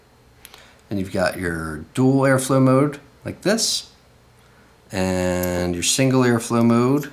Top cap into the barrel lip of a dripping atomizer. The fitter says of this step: and your top cap fits into it just like this sort of clicks into place